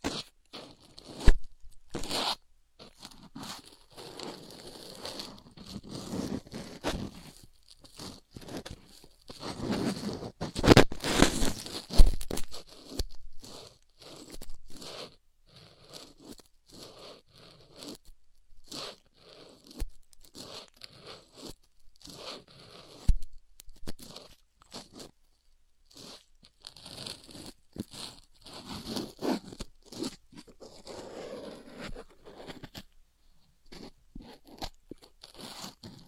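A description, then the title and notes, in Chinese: Ear picking: dry, crackly scratches and rustles arrive in quick irregular bursts separated by short silences. The scraping turns densest and loudest around the ten-to-twelve second mark, then returns to sparser crunches. A faint, steady high hiss sits underneath throughout. 抠耳朵。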